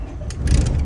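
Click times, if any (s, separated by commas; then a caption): 0.3 s, 0.5 s. A click-type torque wrench with a 13 mm socket tightens the rightmost cam housing bolt on a DD15 engine. Two sharp clicks ring out at 0.3 s and 0.5 s, with a further short tick just after, over a steady low rumble. The double click confirms the bolt has reached its set torque.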